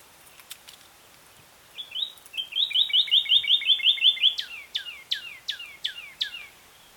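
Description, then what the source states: Northern cardinal song: a couple of short whistles, then a fast even trill of clipped notes, followed by several clear whistles sliding steeply downward. Recorded in Key West.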